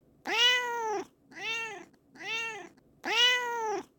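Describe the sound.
Cat mewing, four clear mews in about four seconds, the first and last longer and louder, the middle two shorter and softer, with quiet gaps between.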